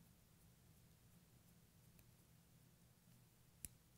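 A small takedown wheel on a folding pocket knife with filled-strip liner technology is rolled over a quiet, low hum, with a faint tick near 2.0 s. A single sharp click sounds at 3.7 s as the wheel releases a piece so it can come off for cleaning.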